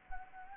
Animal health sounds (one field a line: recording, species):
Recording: mosquito wingbeat signal from an infrared sensor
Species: Anopheles gambiae